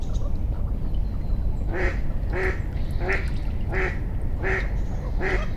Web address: sound Mandarin-duck. صدای-اردک-ماندارین